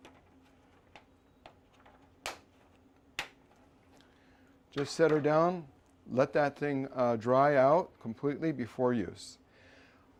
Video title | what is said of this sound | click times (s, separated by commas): Paulson - LabTeamet - Cleaning & Sanitizing Your PPE IDC Snap System Model IDC S | pop it over the snap fastener, and it'll snap into place on the 2 sides. | 2.3 s, 3.2 s